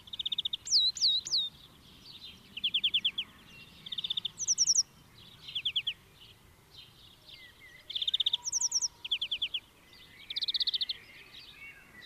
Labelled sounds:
European Greenfinch (Chloris chloris) song

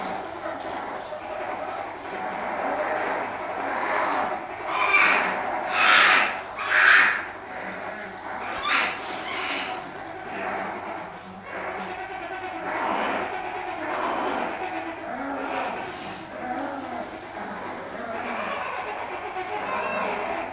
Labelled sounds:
Brown Bear (Ursus arctos) call

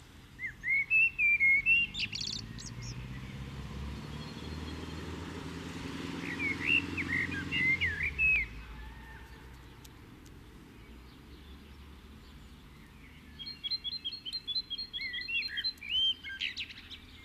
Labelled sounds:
Common Blackbird (Turdus merula) song

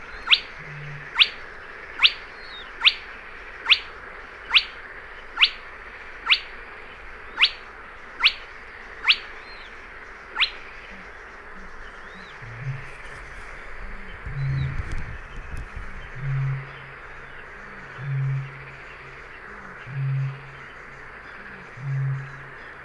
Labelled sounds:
Spotted Crake (Porzana porzana)

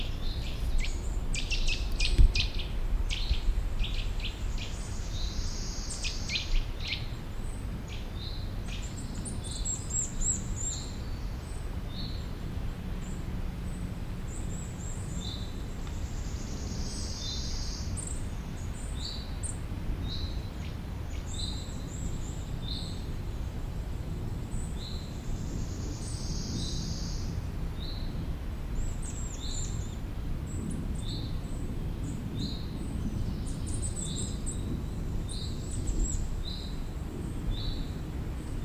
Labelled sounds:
Eurasian Nuthatch (Sitta europaea)

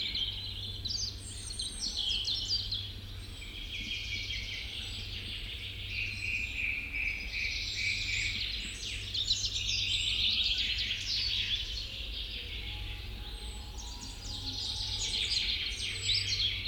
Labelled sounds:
Northern Goshawk (Accipiter gentilis) call

